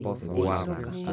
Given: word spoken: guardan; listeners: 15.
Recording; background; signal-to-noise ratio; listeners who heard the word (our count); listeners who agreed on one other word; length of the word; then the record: one Spanish word in noise, from a listening test; four-talker babble; 0.9 dB; 0 of 15; 11 of 15; 0.73 s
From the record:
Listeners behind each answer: 11, 1, 1, 1, 1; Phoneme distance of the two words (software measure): 61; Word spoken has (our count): 2 syllables, 7 phonemes, stress on syllable 1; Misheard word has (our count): 2 syllables, 4 phonemes, stress on syllable 1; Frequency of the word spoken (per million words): 8.60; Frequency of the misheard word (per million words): 17.39